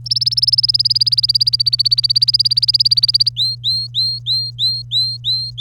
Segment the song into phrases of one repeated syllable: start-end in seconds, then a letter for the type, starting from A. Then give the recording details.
0.06-3.29 A, 3.37-5.61 B. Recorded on 25 April 2018 at 07:45. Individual llb3